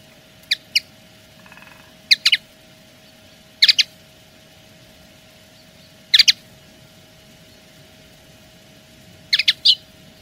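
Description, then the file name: Common linnet song fragments, brief clusters of sharp twittering chirps separated by pauses of a few seconds, with a faint steady hum underneath. Wild-caught linnet singing as a decoy bird, pure field-style decoy song, Spanish Silvestrismo wild-bird keeping. "Pardillo cantando reclamo campero puro Silvestrismo"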